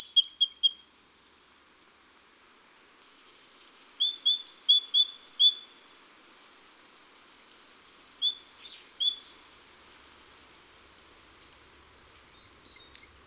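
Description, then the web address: Great tit: short clusters of crisp high notes, a few quick two-note groups separated by pauses, over a soft patter like rain. Garden bird. "Mesange charboniere. album oiseaux-des-jardins"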